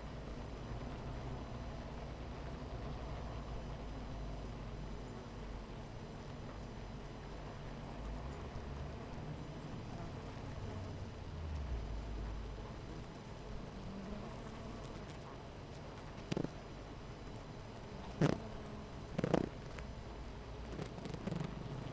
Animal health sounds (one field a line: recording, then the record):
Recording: honeybee colony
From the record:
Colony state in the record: missing queen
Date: 14 July 2017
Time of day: 10:08